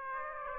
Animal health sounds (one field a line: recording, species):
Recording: mosquito wingbeat signal from an infrared sensor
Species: Aedes aegypti